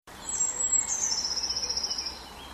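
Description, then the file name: Eurasian blue tit call: one long, very high, thin hissing note that wavers and drops slightly, steady for nearly two seconds over a faint background hiss. "Cyanistes caeruleus"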